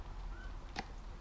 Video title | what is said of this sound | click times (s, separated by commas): GRIOTS GARAGE ALL NEW G9 UNBOXING AND FIRST USE!!!! | you're ready for storage you just hit the button pop it out and you're | 0.8 s